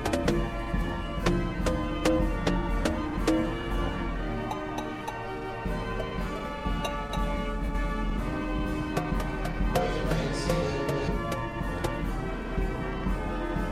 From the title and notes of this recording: Field recording of the Silver Beach Carousel in Saint Joseph Michigan. Near the shore of Lake Michigan. I settled on a bell-ish/drum-ish sort of sound and tried to imitate the sounds and patterns that I recalled while looking at my field notes for timing information. I then combined the two sources in Ableton, trimmed to precisely one minute.